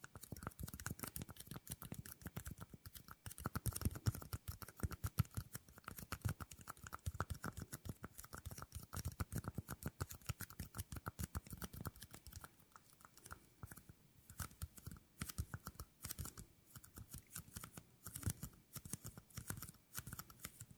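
Fingernails tapping rapidly against a hard surface, a dense, continuous stream of sharp little clicks with no real pauses. The clicking is crisp and bright, slightly louder in the first half, and a faint steady tone hums underneath throughout.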